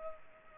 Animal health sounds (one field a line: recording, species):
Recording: mosquito wingbeat signal from an infrared sensor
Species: Culex pipiens